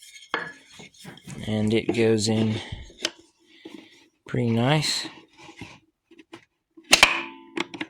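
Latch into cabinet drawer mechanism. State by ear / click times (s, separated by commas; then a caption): not seated / none. A real latch that will attach to a drawer is handled into a cabinet drawer mechanism while someone talks. Sharp knocks and clatters are heard around 0.3, 3.1, 6.9–7.0 and 7.6 seconds. Nothing has seated or clicked into place yet.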